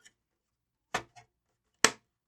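A loaded hard drive tray is pushed all the way into a drive bay of a Synology DS920+ NAS and locked. A faint tick and two softer knocks around 1.0 and 1.2 seconds come first, then a loud, sharp latch click at 1.9 seconds as the tray seats and locks.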